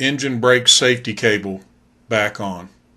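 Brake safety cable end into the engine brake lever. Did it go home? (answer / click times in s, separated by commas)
no / none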